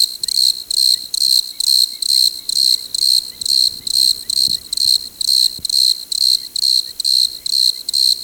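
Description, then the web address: Desert crickets in a chorus of loud, high chirps pulsing steadily about twice a second. "Dr Sound Effects. Chorus of Desert Crickets"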